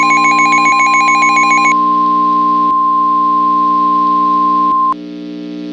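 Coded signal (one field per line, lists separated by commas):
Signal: Emergency Alert System (SAME) tones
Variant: 1050 Hz attention tone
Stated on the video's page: Simulated EAS tones in a fictional scenario about forest fires, scorching weather and bitter freezes.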